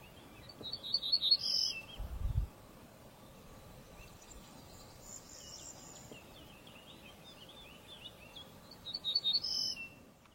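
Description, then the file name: Ortolan bunting song: a brief phrase of repeated clear high notes at the start and again at the end, with softer twittering of other birds between. "Canto do hortulana"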